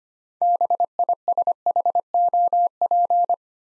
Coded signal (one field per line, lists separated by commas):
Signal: Morse code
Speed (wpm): 25 wpm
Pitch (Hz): 700 Hz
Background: none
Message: BISHOP